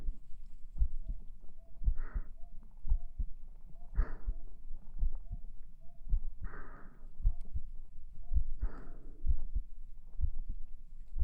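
Normal heartbeat of an adult woman, about 58 beats per minute.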